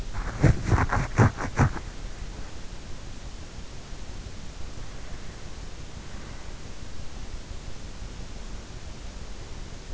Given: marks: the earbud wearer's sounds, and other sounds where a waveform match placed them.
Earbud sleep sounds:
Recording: sounds in sleep by an in-ear microphone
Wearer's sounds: body movement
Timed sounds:
0.00-2.21 s: body movement

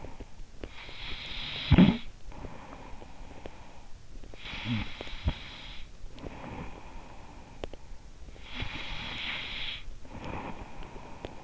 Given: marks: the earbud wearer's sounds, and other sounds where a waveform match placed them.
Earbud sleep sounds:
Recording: sounds in sleep by an in-ear microphone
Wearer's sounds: snoring breath, breath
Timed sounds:
0.00-8.08 s: snoring breath
8.08-11.44 s: breath

